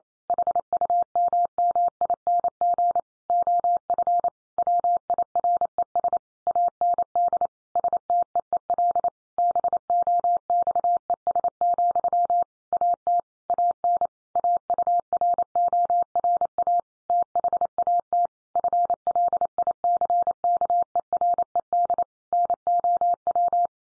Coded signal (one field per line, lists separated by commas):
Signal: Morse code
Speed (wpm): 28 wpm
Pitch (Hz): 700 Hz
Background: none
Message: HUMMING OF WIRES AND STEEL BOXES, AT AN AURORA THAT FLICKERED NOW